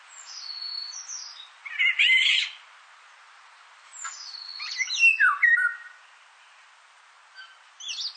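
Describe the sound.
Indian golden oriole giving thin high notes, a harsh rasping burst, then a jumble of fluty downslurred whistles, with a brief high squeaky phrase near the end.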